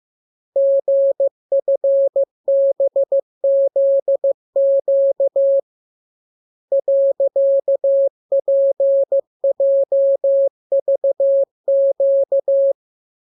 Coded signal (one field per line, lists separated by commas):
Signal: Morse code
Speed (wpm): 15 wpm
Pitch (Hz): 550 Hz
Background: none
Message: GFBZQ .PJVQ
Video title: Learning Morse Code. Lesson 32. Letter KMURESNAPTLWI.JZ=FOY,VG5/Q92H38B?